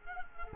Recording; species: mosquito wingbeat signal from an infrared sensor; Culex quinquefasciatus